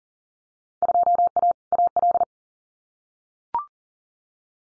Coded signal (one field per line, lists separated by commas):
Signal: Morse code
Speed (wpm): 41 wpm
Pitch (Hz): 700 Hz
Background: none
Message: 2A AL